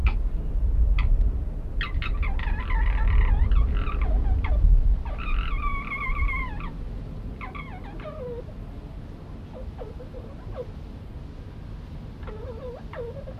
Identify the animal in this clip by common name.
Corsac Fox